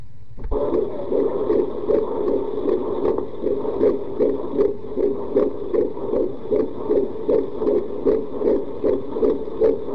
Fetal Heart Beat.